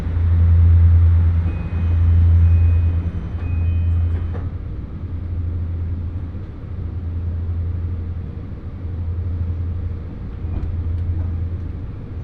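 A ride aboard a Hōhi Main Line train heading toward Higo-Ōzu. A deep, steady motor hum fills the clip, swelling in loud stretches around the start and again near ten seconds, with a constant low rumble of the carriage and faint clicks of the rails underneath.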